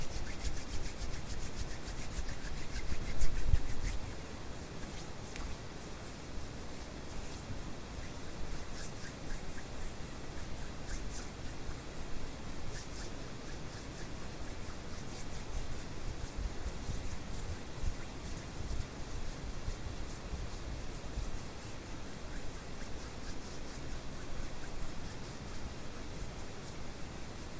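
Hands rub and brush against each other under a steady wash of white noise that runs the full length. A louder, rougher burst of rubbing comes around three to four seconds, then the strokes settle into a dense, even scraping texture.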